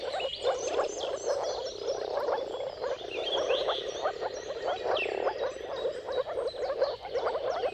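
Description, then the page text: Moor frogs calling together in a thick, bubbling chorus, accompanied by scattered bird chirps and whistles. Dawn chorus of many moor frogs giving mating calls at sunrise, at the turn of March and April, timing depending on the weather. "Jakub-Orzecki moor frogs. Dawn’s Chorus: Mating Calls of Marsh Frogs at Sunrise. Depending on the weather at the turn of March and April, you can witness an amazing spectacle of moor frogs"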